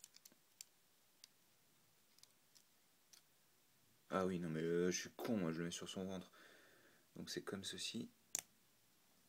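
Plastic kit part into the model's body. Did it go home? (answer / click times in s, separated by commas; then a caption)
yes / 8.4 s. A plastic piece from a small plastic robot model kit is pushed into the model's body after the right orientation is found. Light clicks and handling taps come first, someone talks, and one sharp click is heard at 8.4 s as the part clips in easily and seats.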